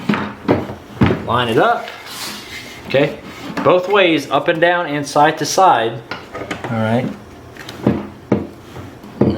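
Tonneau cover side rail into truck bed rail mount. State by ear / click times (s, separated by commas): seated / 8.3 s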